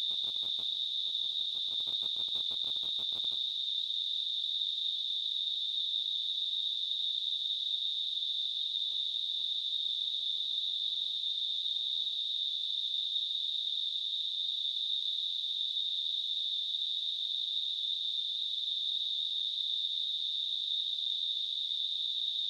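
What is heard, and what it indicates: A steady, unbroken high-pitched hissing ring, centred near 3 to 4 kHz, lasts the full 22 seconds, with faint clicking in the first few seconds. It is a simulation of tinnitus, the ringing or hissing heard without an outside source.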